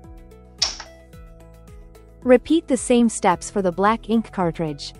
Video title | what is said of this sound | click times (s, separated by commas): Canon PIXMA MG3620 - Wireless Setup for Mobiles Devices and Mac Computer. | And then flip the locking lever up until it clicks into place. | 0.6 s